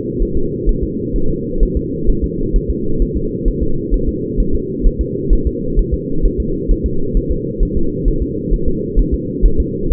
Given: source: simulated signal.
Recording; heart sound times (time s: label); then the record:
fetal heart sounds
0.23 s: S1
0.37 s: S2
0.69 s: S1
0.83 s: S2
1.16 s: S1
1.30 s: S2
1.63 s: S1
1.77 s: S2
2.10 s: S1
2.24 s: S2
2.56 s: S1
2.70 s: S2
3.02 s: S1
3.17 s: S2
3.48 s: S1
3.63 s: S2
3.94 s: S1
4.09 s: S2
4.40 s: S1
4.55 s: S2
4.87 s: S1
5.01 s: S2
5.33 s: S1
5.47 s: S2
5.79 s: S1
5.94 s: S2
6.25 s: S1
6.40 s: S2
6.71 s: S1
6.86 s: S2
7.17 s: S1
7.32 s: S2
7.63 s: S1
7.77 s: S2
8.08 s: S1
8.22 s: S2
8.54 s: S1
8.68 s: S2
8.99 s: S1
9.14 s: S2
9.45 s: S1
9.60 s: S2
9.92 s: S1
From the record:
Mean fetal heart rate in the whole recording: 130 bpm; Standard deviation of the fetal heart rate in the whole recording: 2 bpm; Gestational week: 38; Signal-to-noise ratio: -8.1 dB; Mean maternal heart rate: 72 bpm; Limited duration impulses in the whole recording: absent